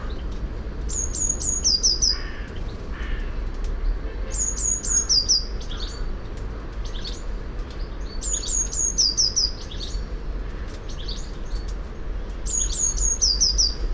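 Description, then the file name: Eurasian blue tit repeating a high, thin phrase every few seconds, each with level notes followed by rapid falling slurs, above a constant low rumble. "Cyanistes caeruleus"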